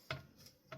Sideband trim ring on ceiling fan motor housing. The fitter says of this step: just like pops into place.